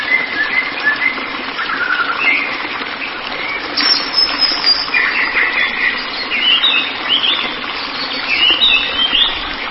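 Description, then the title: White-rumped shama song of scattered whistles and fast chattering notes, varying in pitch from phrase to phrase, against a continuous noisy hiss. "Kicau Murai Batu"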